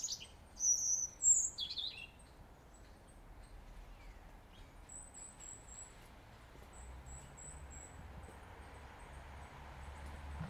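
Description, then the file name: European robin song: a short burst of bright, high twittering notes in the first two seconds, then only faint, thin, high whistles over a steady low background hiss. "Erithacus rubecula"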